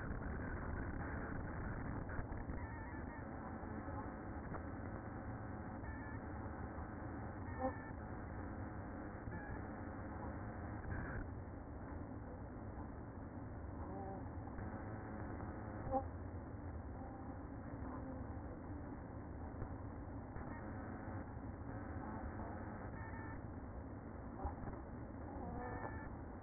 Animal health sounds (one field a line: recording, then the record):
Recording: honeybee colony, microphone inside the hive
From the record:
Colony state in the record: queen present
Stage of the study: after two queens were removed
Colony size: about 60,000 bees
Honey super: yes